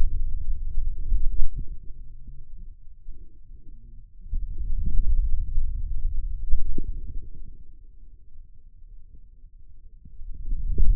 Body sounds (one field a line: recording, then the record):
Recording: forearm muscle sounds (acoustic myography)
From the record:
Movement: hand closing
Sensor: system 2, bracelet of six BSWA MPA416 microphones around the upper forearm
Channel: 6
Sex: male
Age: 22 years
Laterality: right